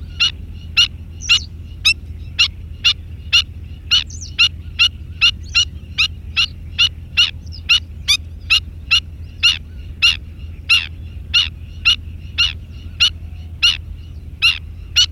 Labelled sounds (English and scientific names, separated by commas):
Black-winged Stilt (Himantopus himantopus) call